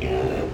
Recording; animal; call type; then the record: contact call of a hoofed animal; pig; closed-mouth grunt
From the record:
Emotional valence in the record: negative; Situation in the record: short social isolation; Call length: 0.53 s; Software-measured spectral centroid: 1610 Hz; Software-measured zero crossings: 1130 a second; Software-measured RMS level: -24 dBFS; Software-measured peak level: -13 dBFS